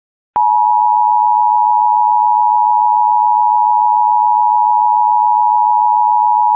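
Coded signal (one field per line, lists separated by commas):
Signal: Emergency Alert System (SAME) tones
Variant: 853 and 960 Hz attention tone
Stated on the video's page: Child abduction emergency alert for Florida, carried by Comcast cable.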